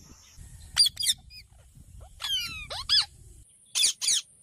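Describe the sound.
Bird calls: harsh squawks in pairs and several sliding whistled notes, separated by short pauses over a soft low background.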